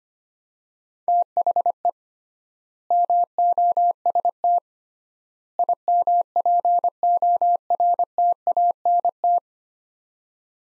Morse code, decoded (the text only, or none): THE MOST IMPORTANT